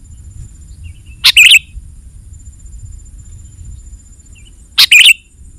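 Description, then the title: Sooty-headed bulbul giving two loud, bright chirpy phrases about three and a half seconds apart, with soft low rumble between them. "kutilang"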